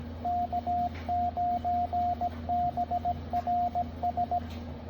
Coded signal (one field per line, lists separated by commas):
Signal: Morse code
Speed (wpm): 17 wpm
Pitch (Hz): 710 Hz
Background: radio noise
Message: K9BRS